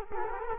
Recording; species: mosquito wingbeat signal from an infrared sensor; Culex quinquefasciatus